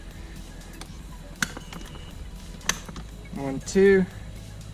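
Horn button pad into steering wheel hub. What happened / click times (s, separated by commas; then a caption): The pad is handled and pressed but has not yet seated / none. The center horn button pad is being handled over the hub of a Handkraftd Hydro carbon fiber steering wheel on a 2017 WRX, with two sharp taps at about 1.4 s and 2.7 s over a low steady hum. Someone talks near the end. Nothing has seated or clicked yet: the pad has not snapped into the wheel.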